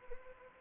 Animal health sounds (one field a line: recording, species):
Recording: mosquito wingbeat signal from an infrared sensor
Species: Anopheles arabiensis